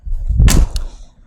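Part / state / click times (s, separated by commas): car door latch into body striker / seated / 0.8 s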